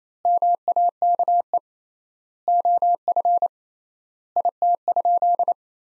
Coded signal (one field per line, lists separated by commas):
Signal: Morse code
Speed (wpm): 28 wpm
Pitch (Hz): 700 Hz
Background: none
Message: MAKE OF IT?